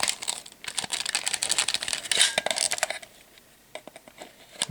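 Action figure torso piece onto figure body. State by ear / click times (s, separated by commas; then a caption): not seated / none. A plastic torso piece is pressed and worked onto the body of a Toybiz Legendary Comicbook Heroes Pitt series Pitt action figure, giving dense crinkly, clicky plastic handling noise for about three seconds, then quieter with a few scattered taps and a final burst. The torso piece fails to lock, and nothing has seated or clicked yet.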